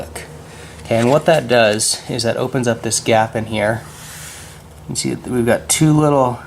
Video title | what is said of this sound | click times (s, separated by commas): Toyota Tacoma Roof Rack Installation | and you're going to pull it out until you hear that audible click. | 0.2 s